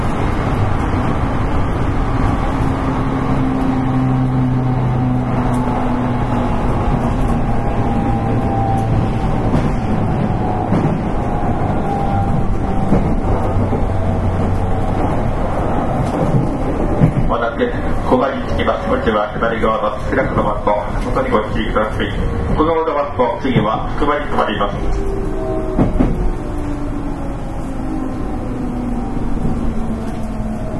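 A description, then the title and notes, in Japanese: A Series 813 train runs steadily with a low rumble and gliding motor whine, while a man's voice speaks intermittently around seconds 17 to 25. JR813系 博多から折尾まで。JR九州 813系電車の走行音です。鹿児島線の快速列車にて収録しました。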